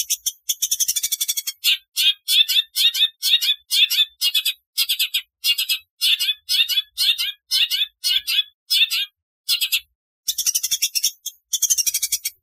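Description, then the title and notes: Long-tailed shrike giving harsh, scratchy chattering notes in a steady rhythm, with brief pauses near the end. "Kicau Burung Cendet"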